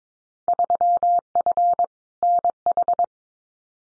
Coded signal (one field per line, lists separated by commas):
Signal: Morse code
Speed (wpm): 22 wpm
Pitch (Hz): 700 Hz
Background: none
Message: 3F NH